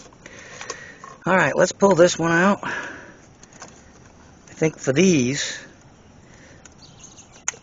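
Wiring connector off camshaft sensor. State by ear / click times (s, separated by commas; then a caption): released / 7.5 s. An electrical wiring connector is worked off a camshaft sensor on a Cadillac CTS by its plastic latch while someone talks, with small scattered clicks and handling noises in between. At 7.5 s the latch lets go with a sharp, loud snap, showing the connector has released from the sensor.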